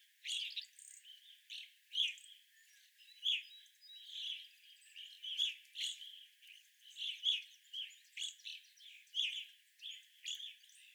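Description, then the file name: Evening grosbeak flock calls: sharp, slightly squawky chirps from several birds in irregular bursts, with softer chatter underneath. Several evening grosbeaks, recorded on 25 April 2021. "2021-04-25 Evening Grosbeaks"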